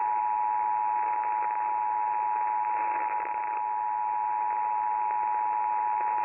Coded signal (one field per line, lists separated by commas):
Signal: Emergency Alert System (SAME) tones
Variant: 853 and 960 Hz attention tone